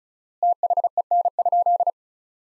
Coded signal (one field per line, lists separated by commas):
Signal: Morse code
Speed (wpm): 36 wpm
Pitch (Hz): 700 Hz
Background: none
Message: THEN?